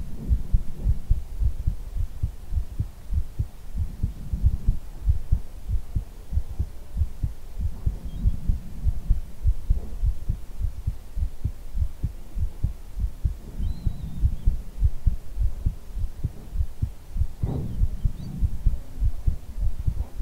ASMR hugging your head - heartbeat with ear blowing.